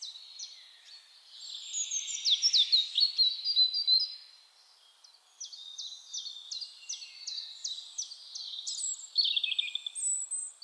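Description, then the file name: European robin song: high, thin warbling phrases mixing trills and liquid notes, with runs of quick repeated sharp notes between pauses; no other clear sounds. "Erithacus rubecula"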